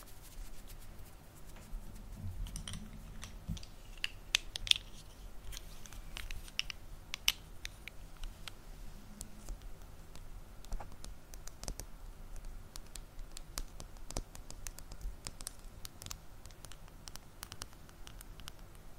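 Fast, irregular tapping and scratching on a microphone, with sharp bright clicks scattered densely across the whole stretch, clustered most thickly around 2 to 8 seconds. A soft low rumble of brushing sits underneath, steady.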